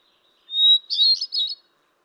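Hermit thrush singing one ethereal phrase, a steady clear whistle leading into a rapid, tumbling cluster of fluty notes; otherwise quiet.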